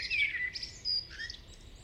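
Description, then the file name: Eurasian blackbird: a short fluted whistle followed by thin high squeaky notes and a brief lower note. "Turdus merula"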